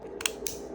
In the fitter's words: Oh, and it just snaps right in.